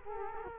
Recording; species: mosquito wingbeat signal from an infrared sensor; Culex quinquefasciatus